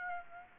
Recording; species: mosquito wingbeat signal from an infrared sensor; Aedes aegypti